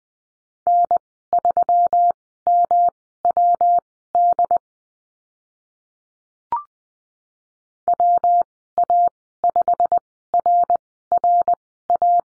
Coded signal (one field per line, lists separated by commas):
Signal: Morse code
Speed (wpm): 20 wpm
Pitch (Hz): 700 Hz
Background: none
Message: N3MWD WA5RRA